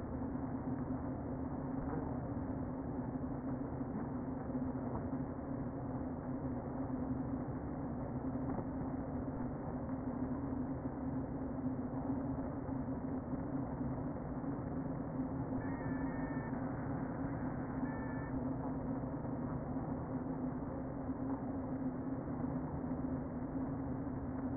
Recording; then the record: honeybee colony, microphone inside the hive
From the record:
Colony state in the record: queen present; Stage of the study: before two queens were removed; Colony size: about 60,000 bees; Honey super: yes